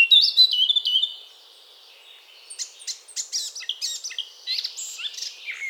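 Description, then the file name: Eurasian blackcap song: a loud whistled opening, a brief pause, then a rapid jumble of chattering, varied warbled notes. "Sylvia atricapilla"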